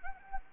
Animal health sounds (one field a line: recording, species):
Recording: mosquito wingbeat signal from an infrared sensor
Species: Anopheles arabiensis